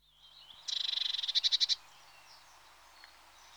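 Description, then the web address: Eurasian blue tit: one dry, buzzy churr about a second long, breaking into a rapid string of pulsed notes, then quiet. "The BBC Sound Effects Library. Blue TIT (Parus Caeruleus)"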